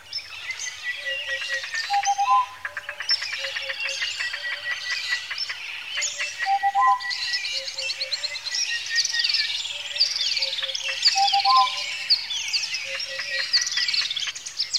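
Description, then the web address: Birds in a dense chorus of chirps, rattling trills and whistles, while a low short phrase repeats every few seconds beneath. Lakeside in Kenya, Africa, with bird twittering in the early morning. "A Természet hangjai - Madárdal A Természet hangjai - Afrika, Kenya - Tópart madárcsicsergéssel kora reggel"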